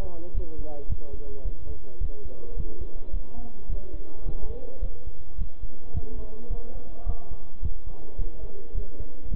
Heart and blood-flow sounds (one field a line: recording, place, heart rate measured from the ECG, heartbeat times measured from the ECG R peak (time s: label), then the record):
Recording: heart sounds by stethoscope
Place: between the tricuspid and mitral areas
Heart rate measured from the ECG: 107 bpm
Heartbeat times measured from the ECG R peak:
0.35 s: heartbeat
0.90 s: heartbeat
1.45 s: heartbeat
2.01 s: heartbeat
2.57 s: heartbeat
3.14 s: heartbeat
3.70 s: heartbeat
4.26 s: heartbeat
4.82 s: heartbeat
5.38 s: heartbeat
5.94 s: heartbeat
6.50 s: heartbeat
7.07 s: heartbeat
7.63 s: heartbeat
8.19 s: heartbeat
8.75 s: heartbeat
9.31 s: heartbeat
From the record:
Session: bicycle stress test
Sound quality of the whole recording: good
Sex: male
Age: 23 years